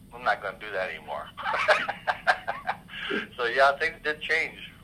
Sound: laughs